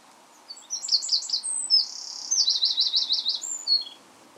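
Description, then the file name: Eurasian wren vocalizing: a rapid, high-pitched run of sharp notes builds into a fast, rattling trill lasting about one second, then ends with a few thin whistles. "Troglodytes troglodytes"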